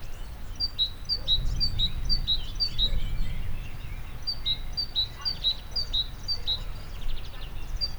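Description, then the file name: Great tit calling: a bright, high two-note phrase repeated rapidly in two runs, over strong low rumbling background noise. "Parus major"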